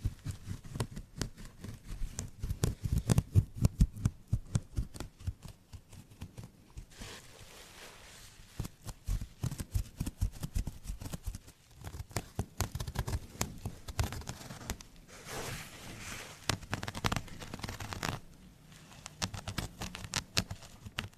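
Quick scratching strokes on carpet, wood and plastic surfaces come in dense, rapid bursts of short rasping ticks, with a low thumpy body under the brighter scrapes. Around seven and fifteen seconds the texture turns hissier and smoother, then the choppy scratching resumes.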